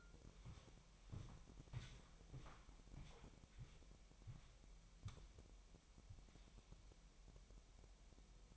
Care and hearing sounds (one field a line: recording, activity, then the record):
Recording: daily activity, microphone in the room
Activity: walk to room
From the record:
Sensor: 1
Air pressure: 1002.0 hPa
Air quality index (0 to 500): 248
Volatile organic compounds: 53 ppm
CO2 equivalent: 3329 ppm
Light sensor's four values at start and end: 8/19/8/9 and 8/20/8/9